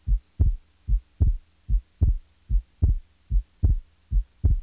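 Adult heart heard through a stethoscope, with a split second heart sound.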